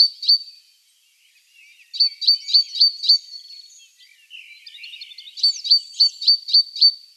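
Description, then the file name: Great tit calling with bright, high repeated notes in quick series of five to six, separated by soft scratchy twittering. "Parus major"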